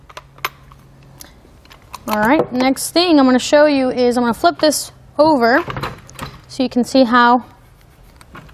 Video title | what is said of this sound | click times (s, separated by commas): etrailer - Thule SquareBar Crossbars Installation - 2020 Ford Ranger | it just like so until we hear a click just like that now it's on there alright | 0.4 s